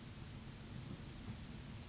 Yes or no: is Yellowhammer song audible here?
yes